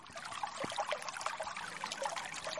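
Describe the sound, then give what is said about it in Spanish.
Offering drinks pour and trickle steadily into a pit in the ground for a few seconds as a ritual offering to the earth, a bright splashing dribble with small irregular spatters, heard alone without any voices. “El agua purificadora se activa chayando el pozo con las bebidas ofrendadas, porque la tierra también tiene sed.”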